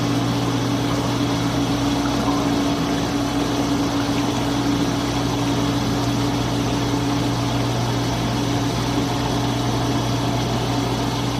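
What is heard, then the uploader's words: A dishwasher runs with a steady, unbroken drone, its low motor hum holding two firm tones beneath a dense wash of churning water. The level stays constant for the whole stretch, with no clicks, pauses or changes in the cycle. Dishwasher.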